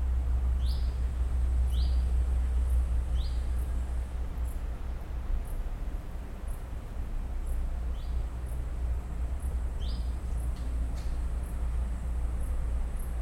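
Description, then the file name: Bird giving several brief upward-sweeping chirps at irregular intervals, with constant low rumbling noise and faint high ticks throughout. "zvuki peniia ptits"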